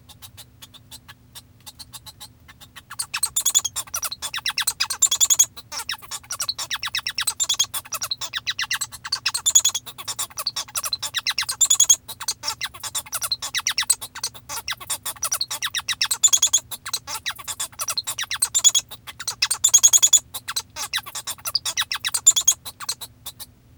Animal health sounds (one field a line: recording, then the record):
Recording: song of a male Bengalese finch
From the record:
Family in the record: father 1